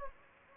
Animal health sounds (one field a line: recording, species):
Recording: mosquito wingbeat signal from an infrared sensor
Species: Anopheles gambiae